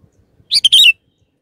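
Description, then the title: Sooty-headed bulbul song: one short, bubbly, warbling phrase of three quick notes, with faint low thumps before it. "Kutilang"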